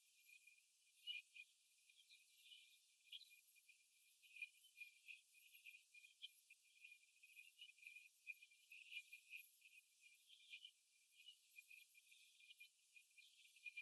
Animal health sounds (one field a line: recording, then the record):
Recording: young laying hens in a cage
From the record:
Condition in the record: after the stressor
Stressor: simulated dog barking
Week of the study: 1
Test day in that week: 2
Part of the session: 2